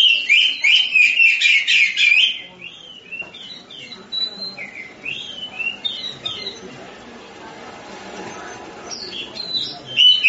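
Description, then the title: Oriental magpie-robin song opening with an intense rapid chatter, followed by varied softer whistled phrases and a brief loud burst at the end. Champion songbird. "Kicau Burung Kacer Juara"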